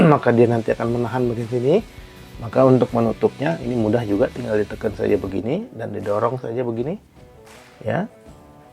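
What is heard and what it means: Someone talks while handling a ZT0990CF flipper EDC folding knife, pressing the lock and pushing the blade toward the closed position in its carbon fibre and metal handle. The clip ends before the blade goes home, so nothing has seated or clicked yet.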